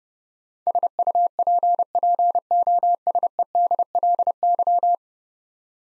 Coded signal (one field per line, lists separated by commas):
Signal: Morse code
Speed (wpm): 30 wpm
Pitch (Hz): 700 Hz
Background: none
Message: SUPPOSEDLY